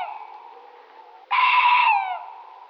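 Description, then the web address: Tawny owl call: a drawn-out nasal note, then a louder, harsh, screechy wail that falls away at the end. Recorded in Slovenia. "Strix aluco"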